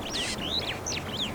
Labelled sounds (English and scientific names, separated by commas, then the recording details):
Superb Starling (Lamprotornis superbus) flight call
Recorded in Kenya